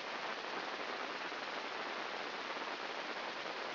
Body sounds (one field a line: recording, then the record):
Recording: brain microelectrode recording played as sound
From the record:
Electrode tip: inside the subthalamic nucleus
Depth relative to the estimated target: 1 mm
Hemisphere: left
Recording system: AlphaMap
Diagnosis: Parkinson's disease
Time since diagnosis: 14 years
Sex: female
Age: 58 years